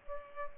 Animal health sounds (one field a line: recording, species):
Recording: mosquito wingbeat signal from an infrared sensor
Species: Culex pipiens